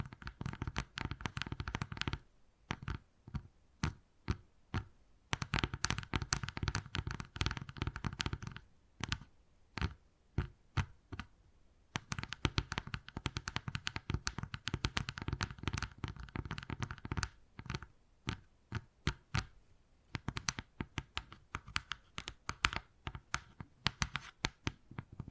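Wood carving with rapid tapping and scratching strokes, dense sharp clicks packed in quick irregular bursts. Short pauses break the activity around 2, 5, 9 and 11 seconds, and the strokes grow sparser and more spaced after about 20 seconds.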